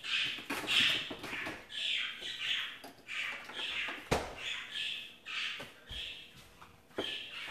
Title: Budgie Sounds